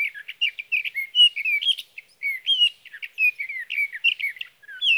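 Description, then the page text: Sage thrasher delivers a steady, rambling stream of varied warbled notes and short slurs with tiny gaps throughout. Male singing through the night near his night roost, evening of June 12 to morning of June 15, 2018, Sierra Valley, California; Swift recorder. "61. Sage thrasher songs, through the night. For three nights, from the evening of June 12 to the morning of June 15, 2018, in Sierra Valley, California, I placed a Swift recorder (see "Recording birdsong") near a male's night roost."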